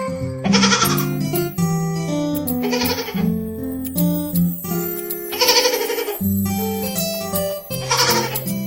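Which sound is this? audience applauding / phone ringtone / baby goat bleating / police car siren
baby goat bleating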